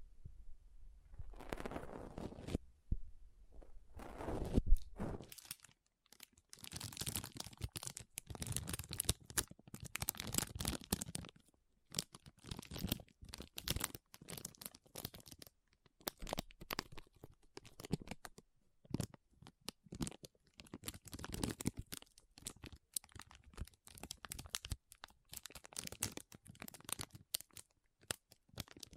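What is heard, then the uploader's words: Soft, squishy, sticky handling sounds mix with crinkling and cutting noises. The sounds come in dense, irregular bursts of crackling and tearing texture with short gaps between them. A few fuller, louder squishes stand out in the first five seconds. Soft Squishy Sticky, Crinkle, Cutting Sounds.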